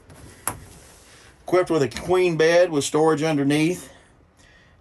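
The bedroom pocket door of a 2020 Puma 24FBSC travel trailer slides shut and its latch snaps, a sharp hit at 0.5 s that locks it in place for travel. Someone then talks.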